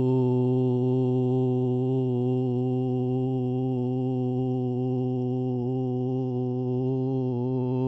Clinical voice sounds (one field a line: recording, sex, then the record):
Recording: sustained vowel /u/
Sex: male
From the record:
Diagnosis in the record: Parkinson's disease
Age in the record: 72 years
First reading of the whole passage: 118 s, 4.4 characters per second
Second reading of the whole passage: 99 s, 5.2 characters per second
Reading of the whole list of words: 88 s, 3.2 characters per second